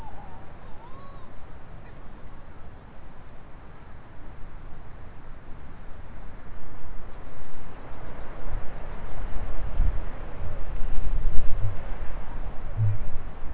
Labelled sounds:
Kākāpō boom

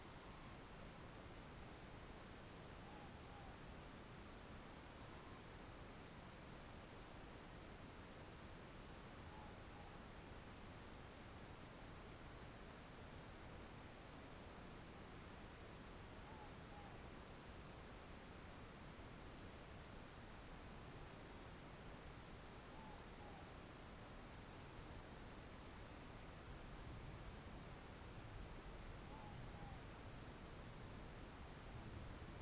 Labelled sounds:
Morepork trill
Morepork more-pork call

